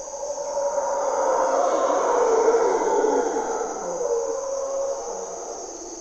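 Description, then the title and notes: Mantled howler monkeys roar in a gravelly, wavering chorus that peaks midway and fades, with insects droning steadily throughout. Mantled howler monkeys (Monos Congos) waking the jungle at morning twilight, Parque Nacional Corcovado, Osa Peninsula, Costa Rica; primary hardwood forest, deep river valley; grunts and calls. "Mantled Howler Monkeys in Corcovado morning twilight. Monos Congos, or Mantled Howler Monkeys, waking the jungle in Costa Rica's Parque Nacional Corcovado"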